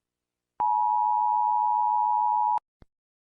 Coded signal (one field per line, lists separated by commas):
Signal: Emergency Alert System (SAME) tones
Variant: 853 and 960 Hz attention tone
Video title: VOLUME WARNING | rating eas alarms part 1